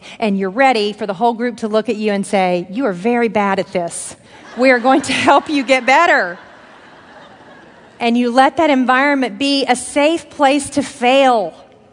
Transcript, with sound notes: And you're ready for the whole group to look at you and say, "You are very bad at this! (laughter) We are going to help you get better!" You let that environment be a safe place to fail